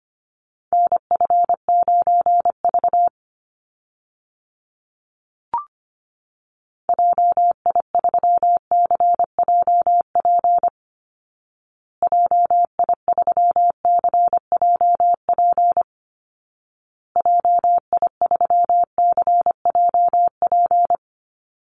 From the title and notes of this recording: Call Signs Repeated 2x - 25wpm. First, the callsign is sent 2x in Morse code. Finally, it is sent again in Morse code.